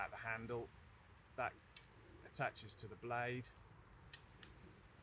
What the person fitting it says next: and then the handguard snaps back into place to put tension into everything.